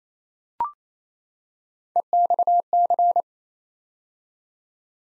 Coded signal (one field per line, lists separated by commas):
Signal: Morse code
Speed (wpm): 27 wpm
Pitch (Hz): 700 Hz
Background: none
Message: EXC